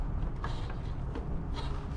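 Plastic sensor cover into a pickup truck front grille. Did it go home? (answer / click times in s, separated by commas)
yes / 0.4 s, 0.7 s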